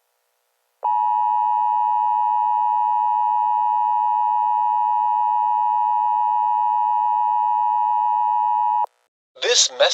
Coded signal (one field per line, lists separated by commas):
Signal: Emergency Alert System (SAME) tones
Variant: 853 and 960 Hz attention tone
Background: speech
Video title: EAS Scenario #2: Subzero Wasteland